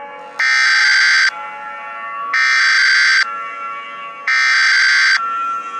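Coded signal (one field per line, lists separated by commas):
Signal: Emergency Alert System (SAME) tones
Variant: header bursts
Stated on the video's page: Fictional EAS scenario alert tones.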